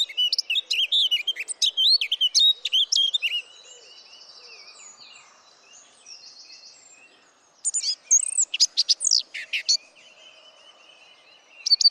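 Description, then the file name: Eurasian blackcap pours out rapid fluty warbling, pauses among faint buzzy notes, then returns with short loud bursts of song. "Sylvia atricapilla"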